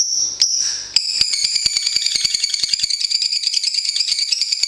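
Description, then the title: Lovebird singing a rapid, rattling trill of high harmonic notes that begins after a brief squeaky phrase and runs continuously to the end. National champion bird. "Suara Lovebird Juara Nasional"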